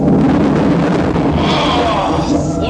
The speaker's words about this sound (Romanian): Furtuna asta blestemată!